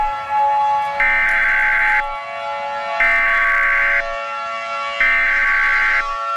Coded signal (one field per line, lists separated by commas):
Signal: Emergency Alert System (SAME) tones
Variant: header bursts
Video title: EAS scenario #8 AMERICAN PSYCHO July 4th special